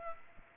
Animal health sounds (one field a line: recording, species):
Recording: mosquito wingbeat signal from an infrared sensor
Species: Aedes aegypti